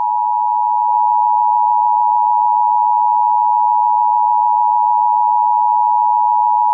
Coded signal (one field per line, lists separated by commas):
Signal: Emergency Alert System (SAME) tones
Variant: 853 and 960 Hz attention tone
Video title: EAS Mock: Retaliation: The fall of predators